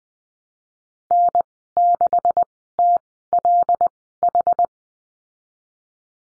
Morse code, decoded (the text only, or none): N6TLH